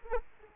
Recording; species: mosquito wingbeat signal from an infrared sensor; Culex quinquefasciatus